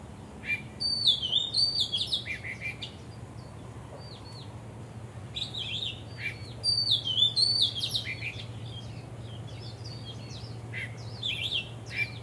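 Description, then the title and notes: Birds singing: high, sliding whistles and twitters in repeated bursts, a faint low hum in the background. Birds singing vigorously at Wu Kai Sha, Hong Kong, 15 December 2006; recorded with AKG condenser microphones in XY stereo. "香港 烏溪沙 雀鳥勁唱歌 Date: 15 December 2006"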